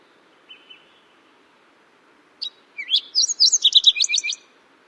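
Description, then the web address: Fox Sparrow song: a couple of soft faint notes, then after a pause a quick run of whistled, slurred notes ending in rapid chipping trills. Western North American bird. "Songs of Birds of North America Know Your Bird Sounds Common Western Species. Fox Sparrow"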